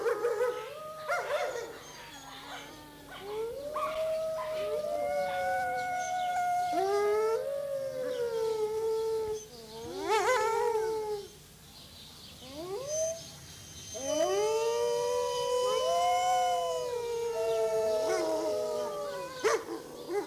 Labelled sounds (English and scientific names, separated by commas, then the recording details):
Gray Wolf (Canis lupus)
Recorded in captivity
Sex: group
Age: adult
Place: Zoo Berlin, Berlin, DE
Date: 2003-06-27 20:31
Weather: fair, 25°C
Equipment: Fair Mate ST-1328 (Asahi Electronics, Japan), Sennheiser ME 80, Kopie Uher 4000 Report Monitor
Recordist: Tembrock, Günter